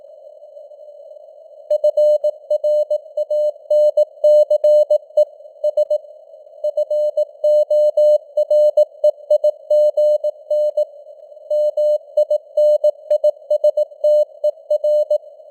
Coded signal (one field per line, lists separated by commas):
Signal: Morse code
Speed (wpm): 18 wpm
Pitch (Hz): 600 Hz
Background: none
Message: FRANCE S FOREIGN MINISTER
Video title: Morse Code News | 2025-11-12 | 18wpm